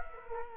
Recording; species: mosquito wingbeat signal from an infrared sensor; Culex quinquefasciatus